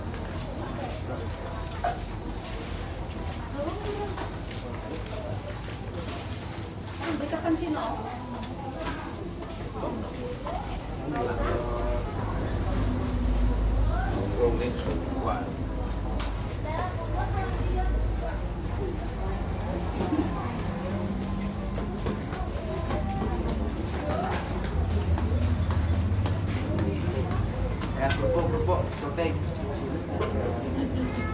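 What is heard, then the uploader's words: A village morning in East Java, with overlapping voices chattering throughout, a steady low rumble of passing engines, and occasional sharp clatters. 印尼東爪哇-博約內哥羅區的鄉村早晨 Urban Soundscapes - East Java, a morning in Bojonegoro village recorded by Nigel Brown. 這是一個村落的早晨，穿過市集，圍繞著一所學校周邊，日常的聲景，向我們層層舖展開來。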